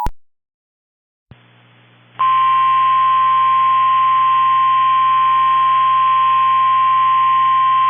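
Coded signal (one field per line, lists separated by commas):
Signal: Emergency Alert System (SAME) tones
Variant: 853 and 960 Hz attention tone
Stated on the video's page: EAS tones in an April Fools special, a night tornado warning.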